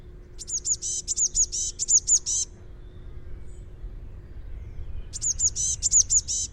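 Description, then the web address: Eurasian blue tit giving two fast bursts of high, scratchy chattering notes, the first lasting about two seconds, separated by a quiet pause over a low background hum. "Deverinetal 2025 File origin Bird Only Cy Ca"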